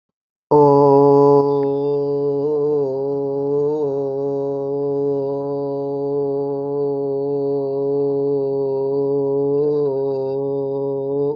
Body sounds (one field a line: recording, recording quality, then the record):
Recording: sustained vowel as in boot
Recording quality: excellent, no background noise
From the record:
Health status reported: healthy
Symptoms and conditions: none ticked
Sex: male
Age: 33 years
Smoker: not ticked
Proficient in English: yes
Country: India